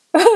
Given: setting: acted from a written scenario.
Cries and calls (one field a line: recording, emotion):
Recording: vocal sound without words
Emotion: sadness